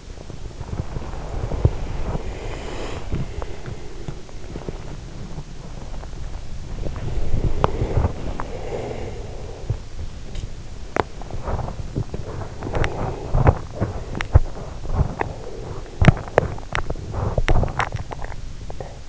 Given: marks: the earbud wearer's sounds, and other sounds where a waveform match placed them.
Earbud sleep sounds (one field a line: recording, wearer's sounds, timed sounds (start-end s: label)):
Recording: sounds in sleep by an in-ear microphone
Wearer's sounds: body movement, breath, teeth grinding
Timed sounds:
0.53-18.23 s: body movement
2.27-4.04 s: breath
7.39-9.16 s: breath
10.71-19.09 s: teeth grinding